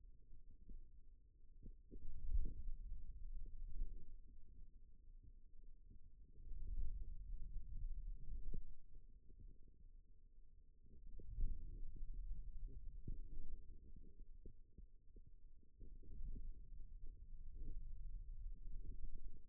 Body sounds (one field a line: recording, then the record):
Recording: forearm muscle sounds (acoustic myography)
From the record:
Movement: radial deviation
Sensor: system 2, bracelet of six BSWA MPA416 microphones around the upper forearm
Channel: 1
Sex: male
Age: 22 years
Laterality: right